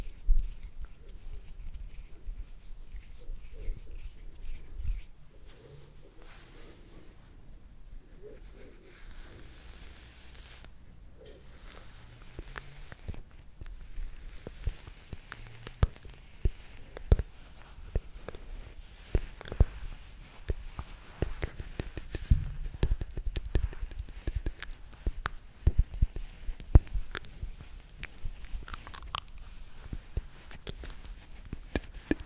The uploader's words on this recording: ASMR Slow & Relaxing MOUTH SOUNDS For Sleep.